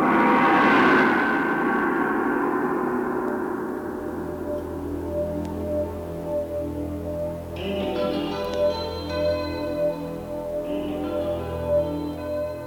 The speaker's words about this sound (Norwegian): Den nye vekkeklokken ringte med en styrke som ville fått kirkeklokken I Kölnerdomen til å lyde som en samtale mellom to østers I sammenligning. Den måtte stoppes.